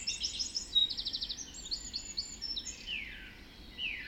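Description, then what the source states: Birds: a short burst of dawn chorus, high chirps and a quick rattling trill, then descending slurred notes. Dawn chorus recorded just after dawn in the Forest of Dean.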